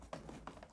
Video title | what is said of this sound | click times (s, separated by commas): EUC Bodyguard - Gotway MSX Fitting! | finally go to the back and snap | 0.1 s, 0.5 s